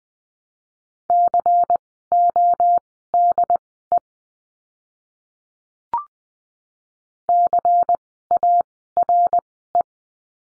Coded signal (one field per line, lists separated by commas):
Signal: Morse code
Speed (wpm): 20 wpm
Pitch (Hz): 700 Hz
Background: none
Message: CODE CARE